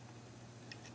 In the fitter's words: and let it lock open again